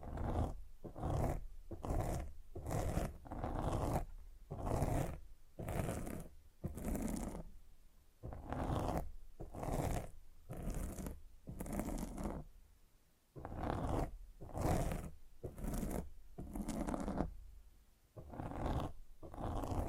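A microphone is scratched in rough, rasping strokes about once or twice a second, pausing briefly near eight and thirteen seconds.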